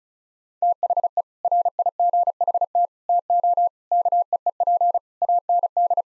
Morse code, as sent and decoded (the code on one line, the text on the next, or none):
- .... . / .-. .. --. .... - / - --- / -.- . . .--. / .- -. -..
THE RIGHT TO KEEP AND